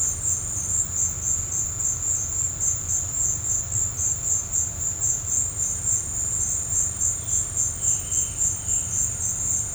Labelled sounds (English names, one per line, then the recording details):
none
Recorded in dense forest near Puerto Asís, Putumayo, Colombia, on 26 December 2024 at 17:00
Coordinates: 0.468, -76.322
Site G071